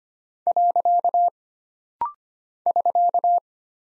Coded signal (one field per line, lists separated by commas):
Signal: Morse code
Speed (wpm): 25 wpm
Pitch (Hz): 700 Hz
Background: none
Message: . <SK>